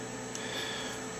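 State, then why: Not seated. A plastic waist peg on a Transformers: Revenge of the Fallen Knock Out (scout-class) transforming toy robot is pressed into its hole on the leg assembly as the legs are brought down. Over a steady hiss, a single dull knock with a long decay sounds at about 0.4 s. The peg does not snap into place because the hole is bigger than the peg, so nothing has clicked.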